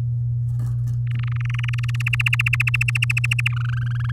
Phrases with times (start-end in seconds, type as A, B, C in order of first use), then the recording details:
1.07-2.02 A, 2.06-3.48 B, 3.52-4.11 C. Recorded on 10 May 2018 at 05:32. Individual llb16